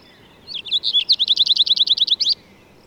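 Bird song consisting of a single phrase, a short intro followed by a tight, rhythmic series of about twelve high, down-slurred notes.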